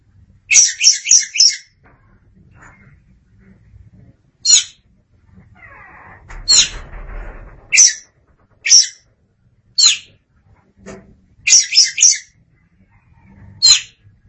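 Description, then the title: Oriental magpie-robin giving harsh chattering phrases and single rasping notes at irregular intervals, with a soft rustling noise midway. "Suara Kicauan Burung Kacer Durasi Panjang"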